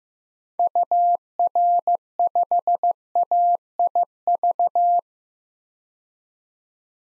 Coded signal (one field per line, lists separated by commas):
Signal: Morse code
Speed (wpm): 15 wpm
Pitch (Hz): 700 Hz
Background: none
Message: UR5AIV